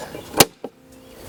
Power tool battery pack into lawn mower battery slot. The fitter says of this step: one and then our second one same thing plug it in till we hear a click